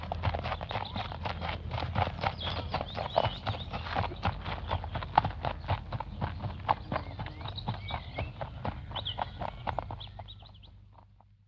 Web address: animals horses single horse walking on gravel